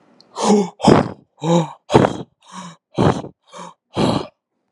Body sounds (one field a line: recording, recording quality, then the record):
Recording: shallow breathing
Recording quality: excellent, no background noise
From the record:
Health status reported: healthy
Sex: male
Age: 21 years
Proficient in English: yes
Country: India